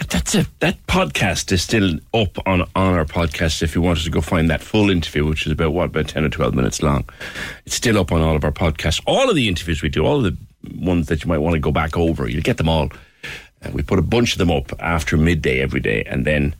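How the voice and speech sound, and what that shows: A man speaks fluently and at a steady conversational pace in a low-pitched, clear voice, with short natural pauses between phrases. His articulation is crisp and his voice quality is ordinary. This is normal adult speech in a radio broadcast style.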